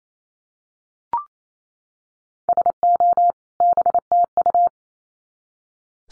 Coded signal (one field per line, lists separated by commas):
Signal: Morse code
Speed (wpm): 28 wpm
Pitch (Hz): 700 Hz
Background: none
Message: SO BTU